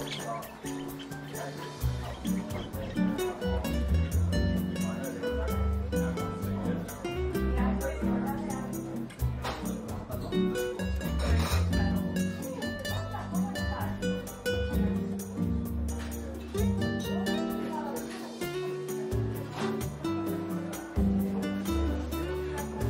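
Coffee shop ambience with steady background music, its deep bass notes shifting every second or so, under continuous murmured talking and occasional clinks.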